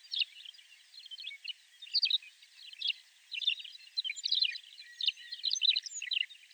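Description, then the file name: McCown's longspur producing rapid bursts of thin chirps and rattling notes, arriving in bunches with short gaps between them. "Mc Cowns-Longspur-Rhynchophanes-mccownii"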